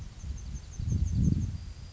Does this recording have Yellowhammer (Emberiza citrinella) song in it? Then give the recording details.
yes. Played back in forest. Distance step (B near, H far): G. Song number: 006